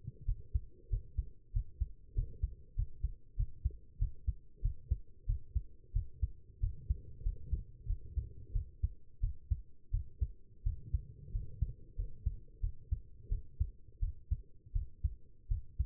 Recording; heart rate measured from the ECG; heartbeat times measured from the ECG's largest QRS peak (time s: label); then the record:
heart sounds by stethoscope; 91 bpm
0.26 s: heartbeat
0.90 s: heartbeat
1.53 s: heartbeat
2.15 s: heartbeat
2.76 s: heartbeat
3.36 s: heartbeat
3.99 s: heartbeat
4.62 s: heartbeat
5.26 s: heartbeat
5.93 s: heartbeat
6.60 s: heartbeat
7.23 s: heartbeat
7.87 s: heartbeat
8.53 s: heartbeat
9.20 s: heartbeat
9.91 s: heartbeat
10.63 s: heartbeat
11.32 s: heartbeat
11.96 s: heartbeat
12.61 s: heartbeat
13.29 s: heartbeat
14.00 s: heartbeat
14.73 s: heartbeat
15.48 s: heartbeat
From the record:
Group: healthy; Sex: female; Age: 19 years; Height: 163 cm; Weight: 51 kg